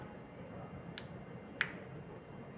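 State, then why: Seated. The folder part of a plastic fiber optic quick connector is pressed down to lock and clamp the fiber. Two short, sharp snaps sound at 1.0 s and 1.6 s, the second louder, over a low steady background hiss. The connector lock clicks closed and is seated on the fiber.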